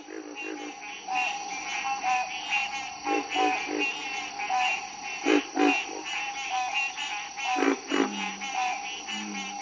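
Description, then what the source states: Green tree frog quanks: harsh, nasal calls repeated in quick uneven runs through a dense frog chorus, with occasional low grunts and a steady high insect trill behind. Harsh quanks in a mixed-species breeding chorus with pig frog grunts and cricket trills; Florida swamp, April; stereo recording.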